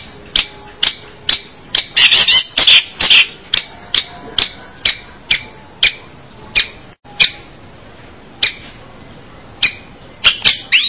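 Long-tailed shrike song: sharp high clicks roughly twice a second, a burst of harsh scratchy notes early on, then spaced clicks with a quiet gap.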